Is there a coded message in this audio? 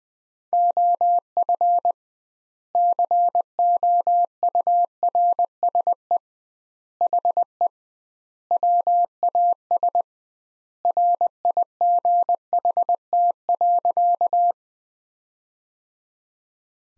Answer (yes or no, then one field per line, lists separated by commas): yes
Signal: Morse code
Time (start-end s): 0.5-14.5 s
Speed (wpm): 20 wpm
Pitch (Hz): 700 Hz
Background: none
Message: OF COURSE HE WAS RIGHT.